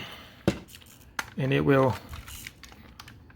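A stubborn plastic limb or connector of a Toyworld TW-CO7X Constructor (Perfect Edition) No.4 Burden combining robot figure is pressed until it pops into its socket with a sharp, loud snap at 1.2 s. Someone talks during the clip, and softer clicks and handling taps follow as the part sits seated in place.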